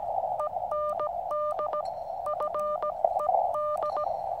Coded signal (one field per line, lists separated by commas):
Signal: Morse code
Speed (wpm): 17 wpm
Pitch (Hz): 1200 Hz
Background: none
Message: END FED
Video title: First Attempt at OH8STN's Challenge, Camp Radio on 80m.